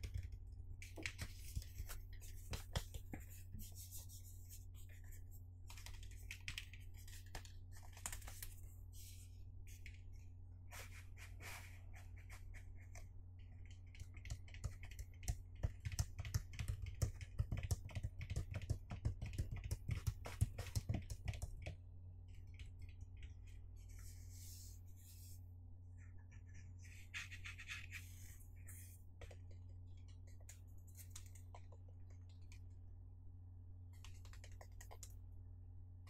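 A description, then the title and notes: Irregular light tapping on a box, quick clicky taps in bursts like typing, over a steady low hum. The taps grow denser and louder around fifteen to twenty-two seconds, then thin out to sparse scattered clicks for the rest. Box Tapping Overdose Mega Relaxing Binaural Sounds. Gusti found some boxes and decided to tap on them for you.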